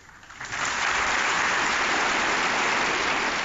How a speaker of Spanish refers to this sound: Palabras que han provocado sentidos y prolongados aplausos de todos los asistentes puestos en pie aquí en el Teatro Campo Amor.